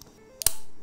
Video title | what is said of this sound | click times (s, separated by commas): Making a custom macro keyboard with REAL arcade buttons | it leaves you with this very satisfying click as they get pushed into place mm-hmm | 0.4 s, 0.5 s